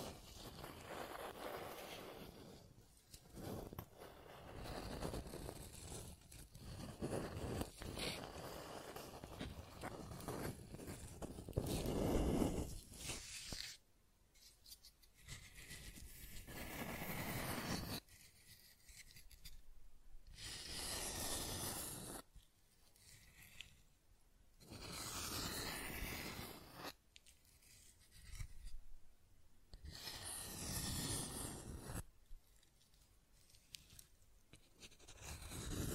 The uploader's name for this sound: Scratching and Tracing Sounds